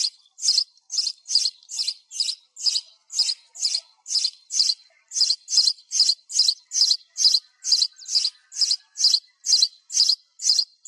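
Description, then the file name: Sparrow chirping calls, sharp high chirps repeated steadily about twice per second throughout, with no other clear sounds. Sparrow calling to its flock. "tieng se goi bay"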